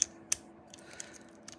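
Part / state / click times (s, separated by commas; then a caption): emergency key blade into car key fob / seated / 0.3 s. The metal emergency key blade of a 2014 Mercedes-Benz C300 is slid back into its plastic key fob after a battery replacement, and its latch catches with a sharp click at 0.3 s. A few fainter ticks and rattles follow as the small mechanism is checked to the right. The blade is seated.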